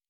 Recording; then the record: hydrophone in a shrimp aquaculture tank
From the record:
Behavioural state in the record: normal